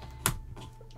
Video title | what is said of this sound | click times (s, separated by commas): I do a review of a new jigsaw puzzle company PuzzQuest . | like they they snap right in there and they stay | 0.3 s